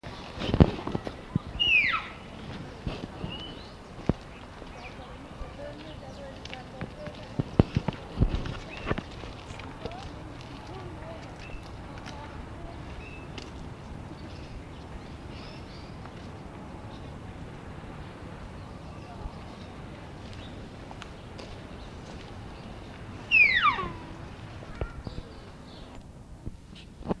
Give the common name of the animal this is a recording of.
Sika Deer